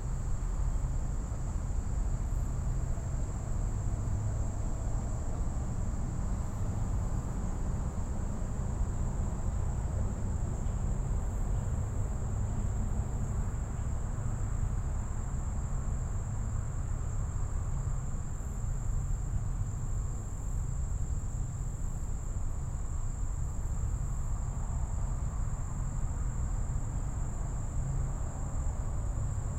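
At Gibraltar Bay in the Detroit River wildlife refuge, crickets keep a steady high buzzing over a constant low rumble that never lets up.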